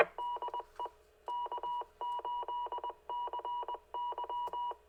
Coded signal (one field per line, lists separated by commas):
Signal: Morse code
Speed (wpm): 20 wpm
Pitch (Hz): 970 Hz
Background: none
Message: DE K8CY